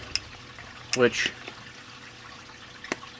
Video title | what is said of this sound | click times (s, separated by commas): Masterpiece Neopixel Proffieboard Sid Lightsaber | you can hear click in that's all you have to do to insert or remove the blade plug | 2.9 s